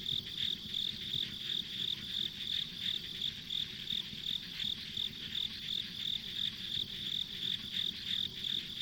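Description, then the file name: Insects producing a steady train of high chirps about three per second, a continuous trilling hum behind, faint rumble underneath. Ambient insect sounds on a rural country road. "田舎道の虫の環境音"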